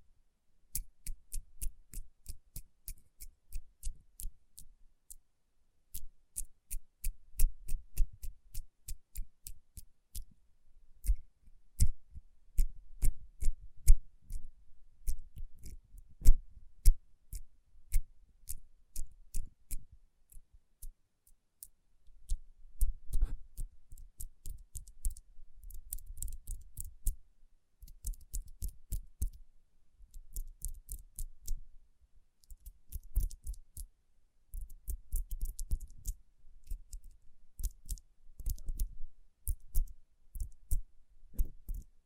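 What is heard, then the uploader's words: Fingertips tap on rhinestone-covered palms in quick, crisp clicking runs, each a few seconds long, separated by short pauses. Some passages blur into a denser scratchy rustle where the stones are rubbed, and the taps stay sharp and bright throughout. Tapping & Rubbing Rhinestone Covered Palms.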